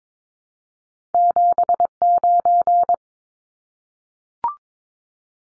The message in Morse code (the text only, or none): 79